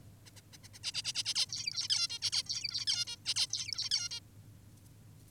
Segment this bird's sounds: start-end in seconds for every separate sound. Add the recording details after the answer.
0.26-0.30, 0.36-0.41, 0.53-0.58, 0.64-0.68, 0.74-0.79, 0.84-0.92, 0.94-1.02, 1.04-1.13, 1.15-1.24, 1.25-1.34, 1.35-1.46, 1.49-1.88, 1.90-2.08, 2.10-2.19, 2.22-2.31, 2.32-2.43, 2.46-2.85, 2.87-3.05, 3.07-3.16, 3.26-3.34, 3.36-3.47, 3.51-3.90, 3.91-4.09, 4.11-4.20. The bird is an adult. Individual g19o10U